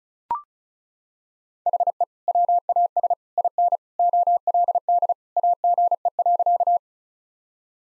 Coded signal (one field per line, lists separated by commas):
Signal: Morse code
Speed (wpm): 36 wpm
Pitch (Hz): 700 Hz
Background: none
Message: HE WAS IN OLD AGE.